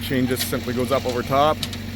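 A lineman fits the chain of a chain hoist (come-along) up over the top toward the hook's metal locking gate on a power line while someone talks over a steady low engine hum. The part is only being handled, and nothing has seated or clicked yet.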